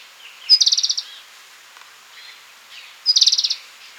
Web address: Ultramarine Flycatcher Call-Song